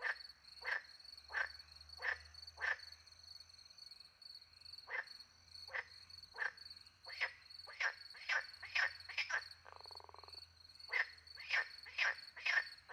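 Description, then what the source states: Frogs croaking in short bursty calls, several spaced regularly then quicker runs of overlapping croaks, with a steady high cricket trill throughout. Frogs with crickets in countryside at night, France; microphones hidden in a tree close to a little pond; two Usi Pro microphones into a MixPre-10 II recorder.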